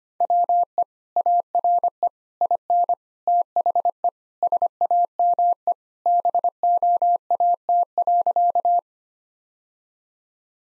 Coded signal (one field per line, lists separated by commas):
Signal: Morse code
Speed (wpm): 25 wpm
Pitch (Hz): 700 Hz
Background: none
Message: WE ARE IN THE SAME BOAT.